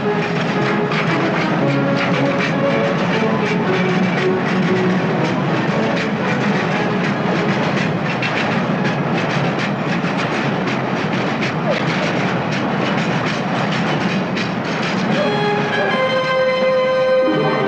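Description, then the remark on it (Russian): A train rushes along the rails through snow-covered fields with a steady, loud roar and rapid rhythmic clacking of wheels, and sustained tonal notes rise near the end. “Поезд мчится через заснеженные поля.”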